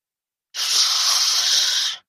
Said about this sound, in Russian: Кошка зашипела и тут же начала долбить кота лапой по башке со смешным глухим звуком.